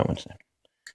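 Someone talks while a 4GB PNY desktop RAM module is handled at its motherboard memory slot in a gaming PC, with faint small ticks near the end. The module has not seated or clicked into the slot yet.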